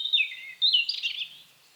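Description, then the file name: European robin giving a short high descending whistled phrase followed by a brief warble. "Erithacus rubecula"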